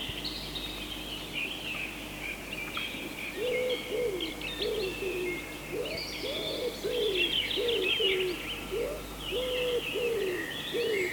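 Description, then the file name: Wood pigeon giving soft, repeated hooting coos in a loose rhythmic run after a few quiet seconds, with continuous twittering songbirds in the background. "Hackspett och ringduva"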